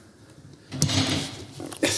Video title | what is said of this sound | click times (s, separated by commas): Hi-Lo Massage Tables Features and Techniques with James Waslaski | There'll be a little bit of a sound, but I tell you what, when you lock this into place and that drops back down, | 0.8 s